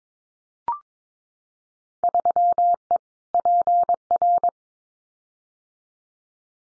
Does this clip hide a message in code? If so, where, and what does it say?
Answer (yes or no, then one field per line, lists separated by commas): yes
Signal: Morse code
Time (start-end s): 2.0-4.5 s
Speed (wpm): 22 wpm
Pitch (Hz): 700 Hz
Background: none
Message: 3E PR